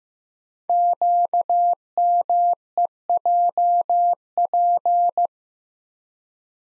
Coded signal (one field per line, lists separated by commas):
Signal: Morse code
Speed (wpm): 15 wpm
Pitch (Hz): 700 Hz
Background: none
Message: QMEJP